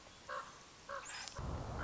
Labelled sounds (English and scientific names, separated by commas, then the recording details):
Common Raven (Corvus corax)
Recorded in Sonoma County, California